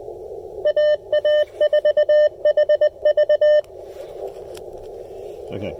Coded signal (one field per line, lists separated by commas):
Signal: Morse code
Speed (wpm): 18 wpm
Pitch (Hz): 600 Hz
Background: speech, radio noise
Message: AA4HV